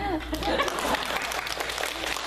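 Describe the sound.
An audience at a Sunday sermon service at Cherry Hill Presbyterian Church applauds, dense and steady clapping filling about two seconds at an even level, with a voice briefly audible at the start beneath the claps.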